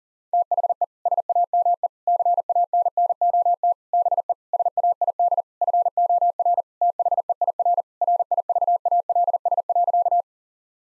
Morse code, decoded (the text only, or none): THE SAME CANNOT BE SAID FOR THEIR RIVALS.